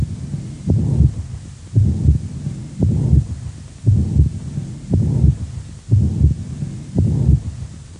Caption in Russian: В четвертой точке аускультации появление систолического шума свидетельствует о наличии недостаточности прикуспидального клапана. Как правило, она носит функциональный характер и развивается вследствие дилатации правого желудочка и растяжения кольца прикуспидального клапана. Первый тон, как правило, ослаблен. Систолический шум прикуспидальной недостаточности.